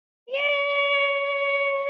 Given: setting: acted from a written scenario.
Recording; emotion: vocal sound without words; triumph